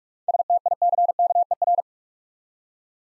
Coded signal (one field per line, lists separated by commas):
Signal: Morse code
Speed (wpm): 46 wpm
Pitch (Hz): 700 Hz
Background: none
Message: STICKER